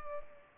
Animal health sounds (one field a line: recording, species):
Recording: mosquito wingbeat signal from an infrared sensor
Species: Culex pipiens